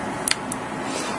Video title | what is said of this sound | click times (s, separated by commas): AllMIDS BM999 New Setup | you push it all the way in until you hear a little click | 0.3 s